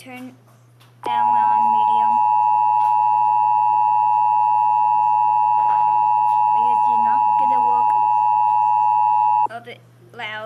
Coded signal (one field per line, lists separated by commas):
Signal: Emergency Alert System (SAME) tones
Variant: 853 and 960 Hz attention tone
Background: speech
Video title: Trever (Stikbot) Reaction of the Grieving EAS Scenario